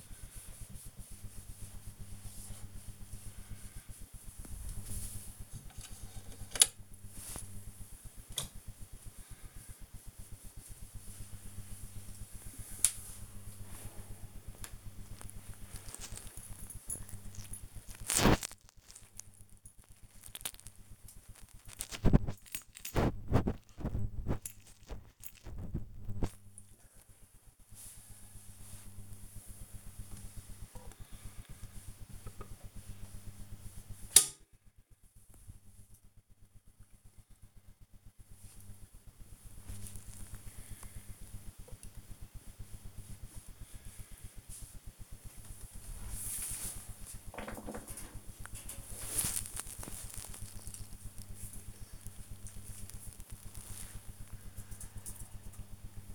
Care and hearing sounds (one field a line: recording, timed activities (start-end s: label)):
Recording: household activities, microphone on the right wrist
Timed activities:
0.00-53.20 s: dusting model cars